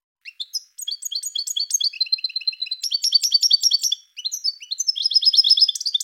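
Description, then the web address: European goldfinch song: a fast, tinkling twitter of high bright notes and short buzzy trills, running almost without pause, with one brief gap near four seconds. "~joaopt canarios racas canto Jilguero"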